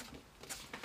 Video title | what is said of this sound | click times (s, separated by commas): Scuderia Audio Arc Audio Components Installation Video for 360/430 | ring and it just pops right in there then | 0.7 s